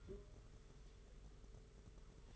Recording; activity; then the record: daily activity, microphone in the room; take from stove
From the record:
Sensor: 4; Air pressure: 991.8 hPa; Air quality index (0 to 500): 86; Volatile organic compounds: 7 ppm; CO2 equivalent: 1968 ppm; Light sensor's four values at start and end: 21/75/27/29 and 21/75/27/29